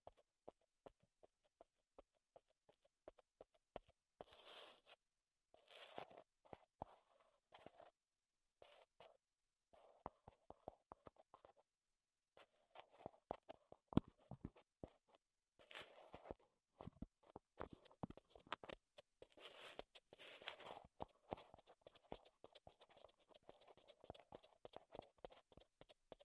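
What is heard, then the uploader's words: Wooden ASMR sounds: rapid dry taps and clicks in irregular bursts, with softer scraping stretches around five, fifteen and twenty seconds. ASMR Wood Triggers in Your Ears (No Talking).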